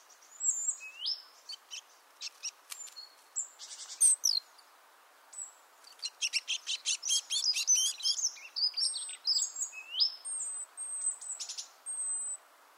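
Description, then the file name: Great tit calls: sharp high chips and curved whistles that quicken into dense ticking chatter in the middle, then ease into scattered notes. "Parus major"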